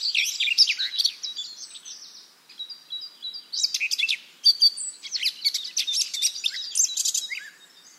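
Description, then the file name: Eurasian blackcap singing in bursts of hurried, scratchy warbling with brief high whistles, with a quieter stretch of thin notes between phrases. "Sylvia atricapilla"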